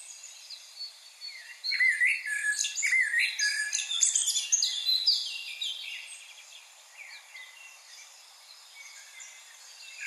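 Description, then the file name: Common blackbird song: fluted phrases run into high twittering, then the song grows quieter. "Turdus merula"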